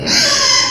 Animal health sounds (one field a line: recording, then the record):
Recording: squeal of a Yucatan mini pig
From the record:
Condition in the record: before surgery on the right vocal fold (resection and tissue-engineered implant)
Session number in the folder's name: 2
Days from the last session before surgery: 0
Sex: male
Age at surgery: 12 weeks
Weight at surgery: 13 kg